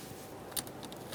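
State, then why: Seated. A plastic crankcase breather tube quick-connect on a 2006–2012 Ford Fusion 3.0L V6 is slid onto its intake air tube fitting and clicks on at 0.6 s, then tugged to check that it is seated. A few softer ticks and rustles follow.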